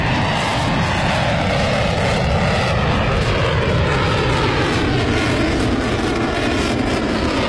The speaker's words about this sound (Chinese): 海上阅兵结束后，习近平查看了辽宁舰歼十五飞机起飞训练情况。